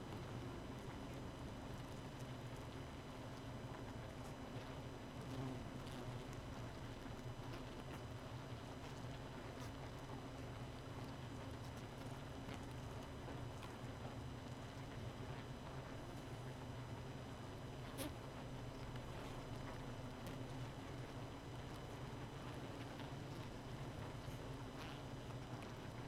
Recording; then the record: honeybee colony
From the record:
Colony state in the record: missing queen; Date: 31 May 2018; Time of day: 0:23